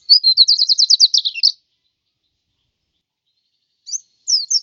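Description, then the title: White-eye song: a fast run of high chirping notes for about a second and a half, then a pause and a few short high twitters near the end. "Suara burung pleci"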